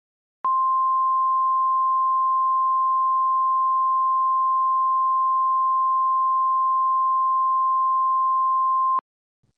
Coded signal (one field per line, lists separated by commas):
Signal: Emergency Alert System (SAME) tones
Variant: 1050 Hz attention tone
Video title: EAS Scenario - Carti Fans Ramapge